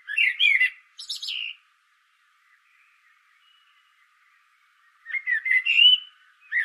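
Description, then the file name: Common blackbird song phrases: mellow fluty notes ending in a high squeaky chatter, a few seconds of near silence, then a longer warbling phrase. "Turdus merula"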